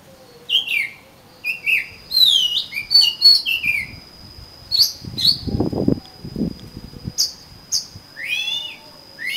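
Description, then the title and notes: Oriental magpie-robin singing varied whistled slurs and rising notes, with a steady high tone behind and a stretch of lower noisy rustling midway. "suara kacer. kumpulan suara burung kacer"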